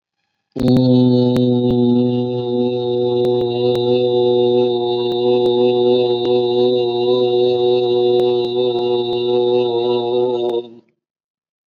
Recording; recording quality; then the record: sustained vowel as in boot; excellent, no background noise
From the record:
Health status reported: COVID-19 positive, mild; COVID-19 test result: positive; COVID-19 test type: rapid antigen test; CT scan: not taken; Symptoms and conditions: cough, cold, fever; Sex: male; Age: 23 years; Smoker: no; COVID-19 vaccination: both doses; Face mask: worn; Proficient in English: yes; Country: India